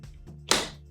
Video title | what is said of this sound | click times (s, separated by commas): Chemical-Free Cleaning Light 'N' Easy Steam Mop | When you hear it snap, you know that your unit is connected properly. | 0.5 s